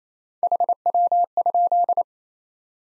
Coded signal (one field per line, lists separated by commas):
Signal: Morse code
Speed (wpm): 27 wpm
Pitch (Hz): 700 Hz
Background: none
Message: HW?